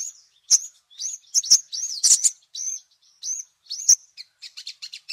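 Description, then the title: Little spiderhunter song of high, slurred whistled notes, some rising and falling, followed by a rapid string of short chips at the end. Labaik song variety; a long tutor recording used to teach caged songbirds. "Masteran Burung Sogok Ontong Labaik"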